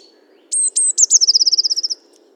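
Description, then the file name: Eurasian blue tit: two or three very high thin notes, then a fast trill of many even notes, falling slightly and ending abruptly. "Cyanistes caeruleus 311018"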